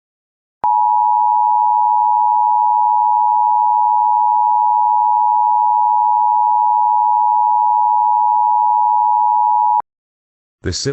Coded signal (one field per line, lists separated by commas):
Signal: Emergency Alert System (SAME) tones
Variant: 853 and 960 Hz attention tone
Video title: EAS Scenario #2: Unholy Deliveries (Easter Special)